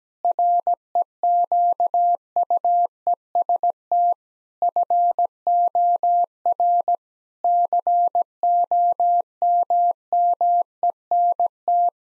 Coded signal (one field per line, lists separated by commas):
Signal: Morse code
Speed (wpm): 17 wpm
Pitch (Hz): 700 Hz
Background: none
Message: REQUEST FOR COMMENT